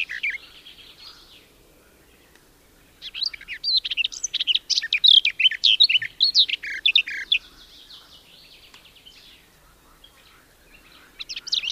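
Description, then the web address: Garden warbler song: a long burst of hurried, babbling warbles running several seconds, with brief quieter snatches before and after and a fresh outburst at the end. "agykontroll Madardalok Cd 2. Kerti poszáta"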